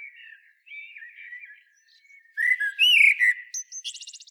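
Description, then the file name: Common blackbird song: a gentle soft warble, then a louder fluty phrase that ends in a rapid, high-pitched trill. "Turdus merula"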